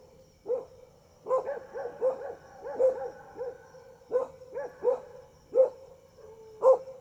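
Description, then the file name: Domestic dog barking in irregular bursts of single and double barks, many in all, over a faint steady high-pitched hum. Dogs barking at night, first far off and then close by. "Cachorros latindo longe e depois perto a noite com grilo e morcego"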